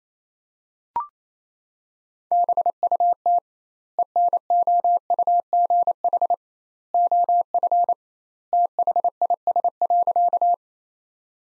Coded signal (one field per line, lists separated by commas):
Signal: Morse code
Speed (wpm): 28 wpm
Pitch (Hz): 700 Hz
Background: none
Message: BUT ENOUGH OF THIS.